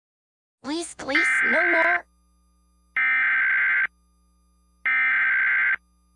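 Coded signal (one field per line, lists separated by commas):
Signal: Emergency Alert System (SAME) tones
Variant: header bursts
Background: speech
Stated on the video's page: Fictional EAS scenario, not a real alert.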